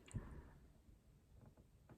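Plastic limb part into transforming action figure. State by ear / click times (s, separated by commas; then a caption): seated / 0.1 s. A plastic limb part of a transforming action figure is pressed into its socket and seats with a small, sharp pop at 0.1 s. Faint low handling rustle and a few soft taps follow.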